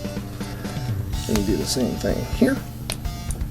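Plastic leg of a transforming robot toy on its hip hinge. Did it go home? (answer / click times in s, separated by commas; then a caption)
yes / 2.9 s. Someone talks over background music while the second plastic leg of a Transformers Generation Two Core Class Megatron transforming robot toy is disconnected and swung on its hip hinge. A sharp click at 2.9 s marks the leg locking into place, and the joint is seated.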